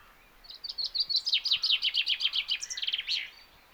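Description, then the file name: Common chaffinch song, a fast series of chipping notes falling slightly in pitch and ending with a brief flourish. "Fringilla coelebs"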